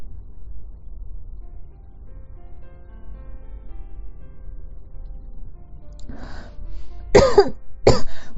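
An audible breath, then two short, sharp coughs about a second apart from an adult woman with a hoarse throat, over faint background music.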